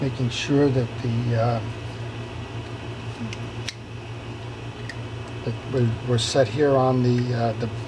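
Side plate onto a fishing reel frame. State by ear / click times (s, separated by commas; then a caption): not seated / none. A side plate is lined up with the keyholes and handled onto the frame of a Penn International 965 fishing reel during a service with a Carbontex drag upgrade, while someone talks over a steady low hum. A few small sharp ticks are heard, but nothing has seated or clicked yet.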